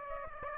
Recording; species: mosquito wingbeat signal from an infrared sensor; Aedes aegypti